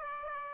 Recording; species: mosquito wingbeat signal from an infrared sensor; Aedes aegypti